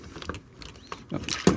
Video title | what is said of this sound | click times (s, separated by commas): Maketoys MTRM-03 HELLFIRE | snap on all the way there we go | 1.3 s, 1.5 s